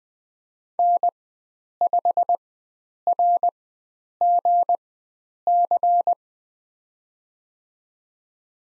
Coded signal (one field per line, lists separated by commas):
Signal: Morse code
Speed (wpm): 21 wpm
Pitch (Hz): 700 Hz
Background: none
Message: N5RGC